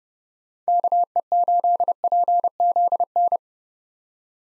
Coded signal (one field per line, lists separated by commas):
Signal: Morse code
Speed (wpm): 30 wpm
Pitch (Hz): 700 Hz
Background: none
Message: KE8PZN